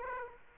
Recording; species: mosquito wingbeat signal from an infrared sensor; Aedes aegypti